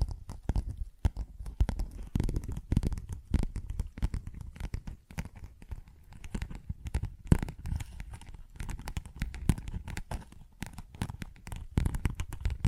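Tapping and scratching sounds fill the clip in dense, uneven bursts, with sharp clicks and rustling strokes overlapping constantly. Louder taps stand out around seven and twelve seconds, and a low, thumping body sits beneath the brighter crackle and crinkling throughout.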